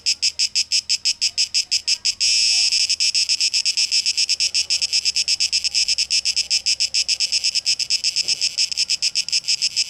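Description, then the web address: Cicada buzz pulsing quickly, swelling briefly into an unbroken loud hiss early on before returning to its rapid throbbing rhythm. Cicadas recorded on 12 August 2023, tape echo mix. "rauschpartikel Audio 2023-08-12 Zikaden"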